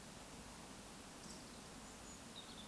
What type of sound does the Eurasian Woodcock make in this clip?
whistle, croak